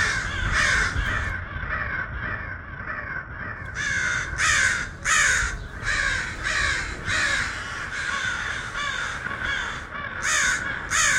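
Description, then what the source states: Crows cawing in a noisy group, coarse repeated caws spaced under a second apart. A flock of crows.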